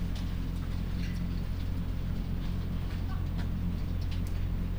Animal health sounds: poultry house recording; sick chickens (respiratory disease)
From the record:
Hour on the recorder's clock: 22

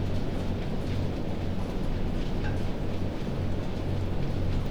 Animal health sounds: poultry house recording; no chicken sound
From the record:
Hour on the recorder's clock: 1

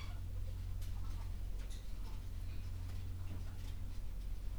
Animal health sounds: poultry house recording; sick chickens (respiratory disease)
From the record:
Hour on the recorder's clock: 11

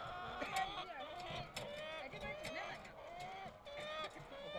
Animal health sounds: poultry house recording; healthy chickens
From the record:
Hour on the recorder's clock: 17

